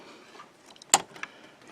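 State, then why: Seated. With the orange clips removed, lined-up ink cartridges from a Canon CIS for TR8520 and TR7520 printers are pressed down into the printer carriage. A few faint ticks lead up to one sharp, loud snap at 0.9 s, followed by a smaller click just after. The cartridges snap down and seat in the carriage.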